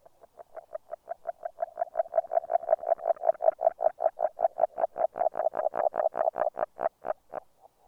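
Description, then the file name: Agile frog call, a long run of short knocking notes that swell louder, then fade at the end. "salamandre grenouille-agile"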